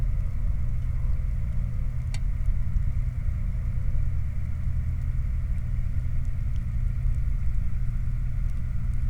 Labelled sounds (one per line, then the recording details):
machinery
flare stack
rain
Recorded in the Prudhoe Bay oil fields, Alaska, on 15 July 2019 at 02:44
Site 29